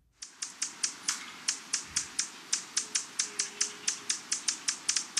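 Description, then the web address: Buff-bellied Hummingbird calling with a rapid, evenly spaced series of hard, high-pitched ticks against a quiet background. "Songs of Birds of North America Western USA Songbirds. Buff-bellied Hummingbird"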